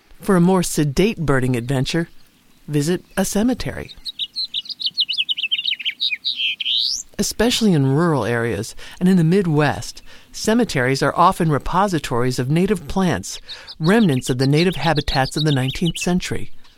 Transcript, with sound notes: For a more sedate birding adventure, visit a cemetery. [Soft twittering of a House Finch] Especially in rural areas and in the Midwest, cemeteries are often repositories of native plants, remnants of the native habitats of the 19th century.